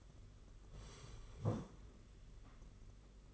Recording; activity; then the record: daily activity, microphone in the room; sit down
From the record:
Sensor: 4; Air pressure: 992.4 hPa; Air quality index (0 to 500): 123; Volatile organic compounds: 33 ppm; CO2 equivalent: 3027 ppm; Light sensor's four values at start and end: 20/72/26/28 and 20/72/26/28